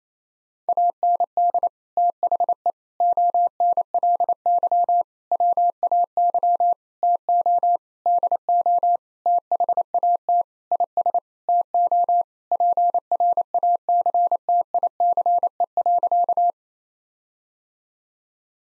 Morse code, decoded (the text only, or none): AND THE ONLY WAY TO DO THAT IS TO PRACTICE.